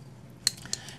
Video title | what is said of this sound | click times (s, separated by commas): Unboxing a cool Cold Steel AD10 knife in Original Goat Ti scales & doing a little maintenance | in this little piece right here will engage in here and locks in place but | 0.5 s